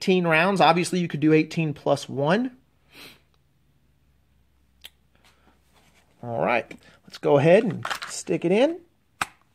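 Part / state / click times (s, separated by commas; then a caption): pistol into Kydex holster shell / seated / 9.2 s. A handgun is pushed down into a Kydex-shelled hybrid holster until the trigger guard snaps past the Kydex wrap. Someone talks, then a sharp, audible click at 9.2 s shows the pistol seated in the holster.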